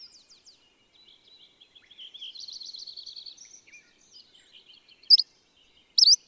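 Bird song: quick high notes give way to a fast, buzzy trill, then two loud sharp chirps about a second apart.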